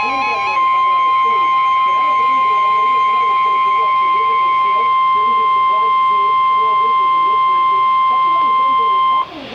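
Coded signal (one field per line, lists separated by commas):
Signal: Emergency Alert System (SAME) tones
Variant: 1050 Hz attention tone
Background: speech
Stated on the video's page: Severe Thunderstorm Warning received over NOAA Weather Radio.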